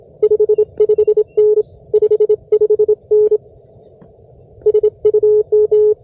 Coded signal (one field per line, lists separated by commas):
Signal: Morse code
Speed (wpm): 27 wpm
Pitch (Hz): 420 Hz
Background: none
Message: 55N 55N SUM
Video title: Unboxing a new-to-me QRP rig & brand new key!